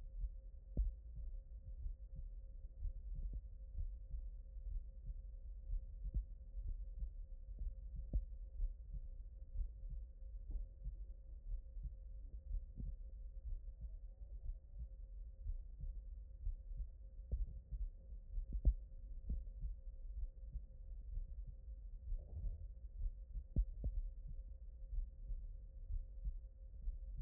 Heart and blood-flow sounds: heart sounds by stethoscope; aortic valve (AV)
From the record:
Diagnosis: non-HFrEF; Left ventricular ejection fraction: 69%

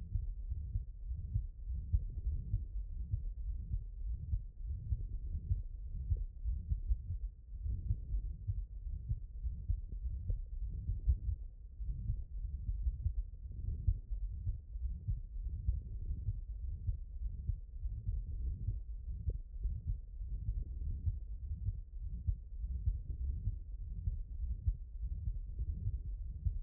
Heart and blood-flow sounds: heart sounds by stethoscope; mitral valve (MV)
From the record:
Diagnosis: HFrEF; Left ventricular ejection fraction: 18%

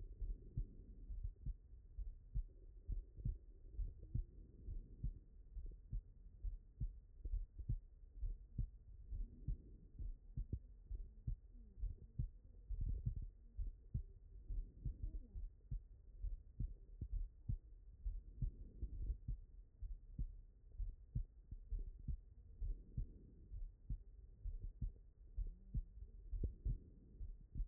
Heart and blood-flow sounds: heart sounds by stethoscope; pulmonary valve (PV)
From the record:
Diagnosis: non-HFrEF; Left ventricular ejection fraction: 69%

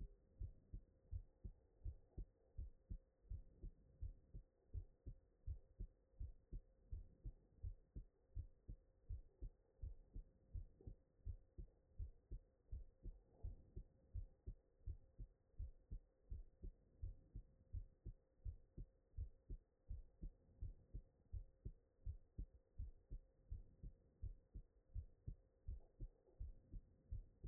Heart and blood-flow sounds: heart sounds by stethoscope; tricuspid valve (TV)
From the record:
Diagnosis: non-HFrEF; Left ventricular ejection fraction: 50%

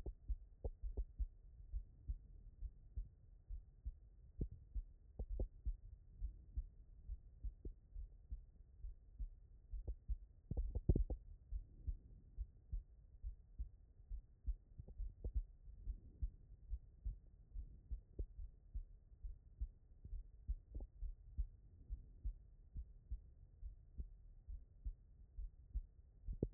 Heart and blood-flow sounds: heart sounds by stethoscope; pulmonary valve (PV)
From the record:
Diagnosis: non-HFrEF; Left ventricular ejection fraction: 74%

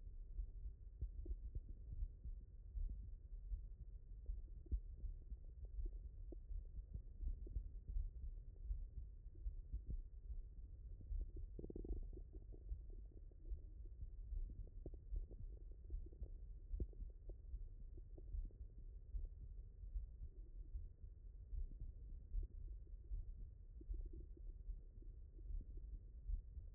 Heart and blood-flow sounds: heart sounds by stethoscope; mitral valve (MV)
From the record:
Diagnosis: non-HFrEF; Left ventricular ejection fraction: 73%

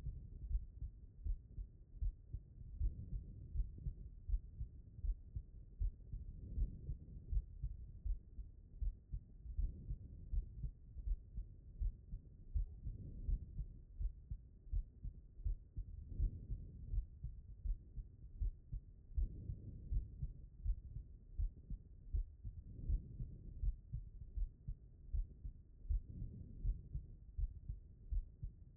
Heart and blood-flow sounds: heart sounds by stethoscope; pulmonary valve (PV)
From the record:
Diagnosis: non-HFrEF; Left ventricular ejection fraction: 67%

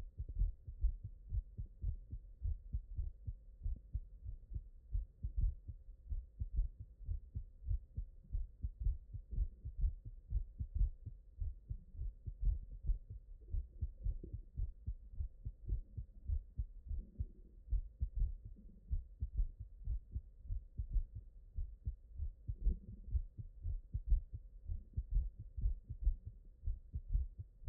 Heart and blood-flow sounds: heart sounds by stethoscope; mitral valve (MV)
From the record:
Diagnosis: non-HFrEF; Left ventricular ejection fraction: 44%

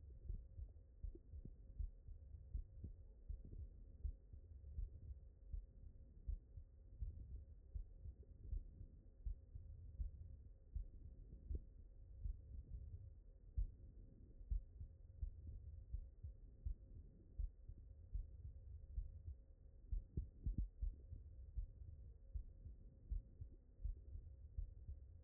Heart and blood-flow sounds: heart sounds by stethoscope; mitral valve (MV)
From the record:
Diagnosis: non-HFrEF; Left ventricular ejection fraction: 58%

